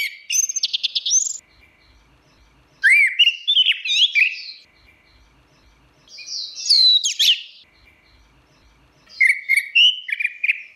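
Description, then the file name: Orange-headed thrush song: four complex phrases mixing rapid trills, sweeping whistles and chattering notes, separated by pauses of one to two seconds. Song in ngeplong style. "anis merah ngeplong"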